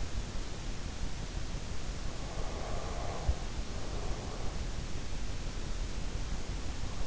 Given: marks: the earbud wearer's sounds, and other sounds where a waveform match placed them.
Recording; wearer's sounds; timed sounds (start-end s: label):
sounds in sleep by an in-ear microphone; breath
2.13-4.76 s: breath